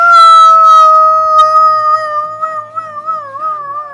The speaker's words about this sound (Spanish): Amanece. En el pequeño poblado de Yellowtown, un coro de coyotes emite aullidos desesperados.